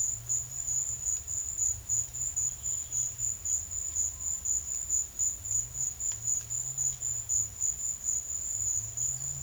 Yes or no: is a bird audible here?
no